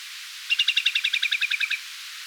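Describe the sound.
Whimbrel's rippling call, roughly fourteen short whistled notes delivered evenly and quickly, fading a little at the close.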